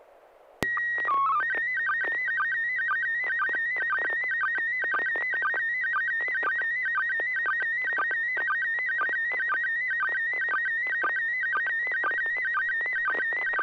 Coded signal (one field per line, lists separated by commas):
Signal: SSTV (slow-scan television)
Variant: PD 120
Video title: N6NA SSTV Net - 08/27/2025